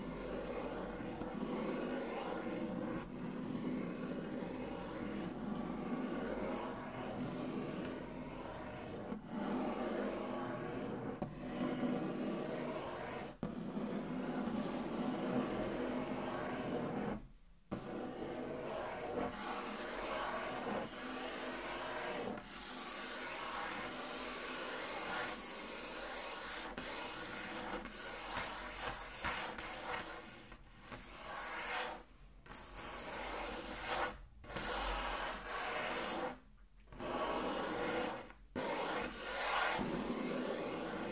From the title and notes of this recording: ASMR Intense Table Tracing (No Talking).